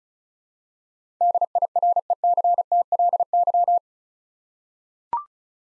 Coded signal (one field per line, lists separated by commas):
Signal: Morse code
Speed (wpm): 35 wpm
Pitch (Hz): 700 Hz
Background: none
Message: DIRECTLY